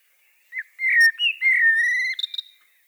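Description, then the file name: Common blackbird song: one rich fluting whistled phrase, sliding and wavering, ending in a few thin high twitters. "Turdus merula"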